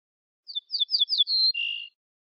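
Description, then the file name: Ortolan bunting song: four or five quick descending slurred notes followed by two longer lower, flat tones, a brief clean phrase. "suara kicauan ortolan"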